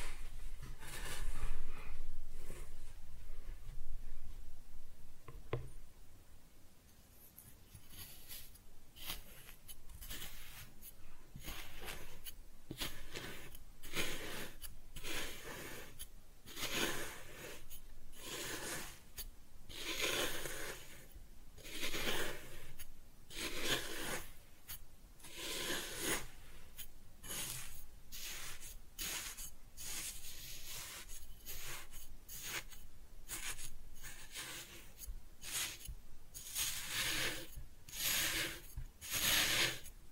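Kinetic sand being cut and scooped, heard as a run of soft gritty scrapes and crumbly rasps. The first few seconds are quieter with a low rumble, then from about six seconds the bright, grainy strokes come steadily, one to two per second, until the end.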